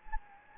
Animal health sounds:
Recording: mosquito wingbeat signal from an infrared sensor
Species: Anopheles gambiae

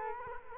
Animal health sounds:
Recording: mosquito wingbeat signal from an infrared sensor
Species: Culex quinquefasciatus

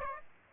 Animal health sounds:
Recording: mosquito wingbeat signal from an infrared sensor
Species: Aedes aegypti

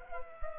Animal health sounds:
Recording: mosquito wingbeat signal from an infrared sensor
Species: Culex pipiens

